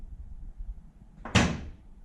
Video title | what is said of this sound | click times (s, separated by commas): 6 Things I Don't Like About My Slingshot! | guys heard that click | 1.2 s, 1.4 s